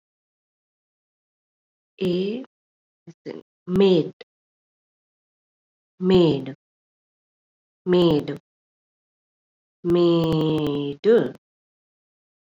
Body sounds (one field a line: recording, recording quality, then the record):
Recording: sustained vowel as in made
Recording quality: moderate, slight background noise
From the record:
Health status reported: COVID-19 positive, mild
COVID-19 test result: positive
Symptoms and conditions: cough, fever, fatigue, muscle pain, loss of smell and taste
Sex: female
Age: 27 years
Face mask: not worn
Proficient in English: yes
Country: India